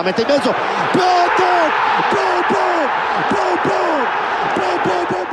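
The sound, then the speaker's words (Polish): A huge crowd at San Siro stadium roars in celebration after Piątek scores for Milan early in the second half, a loud, dense wall of cheering with repeated rising and falling shouts surging through it for several seconds. “Stadion eksplodował.”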